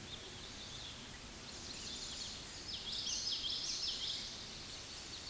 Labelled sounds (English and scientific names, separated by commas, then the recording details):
Common Yellowthroat (Geothlypis trichas) song
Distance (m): 25 m
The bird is about level with the microphone
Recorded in a Pennsylvania forest on 16 May 2024 at 09:57
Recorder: AudioMoth, point MSD-2453
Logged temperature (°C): 16.3 °C
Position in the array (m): 230 m, 181 m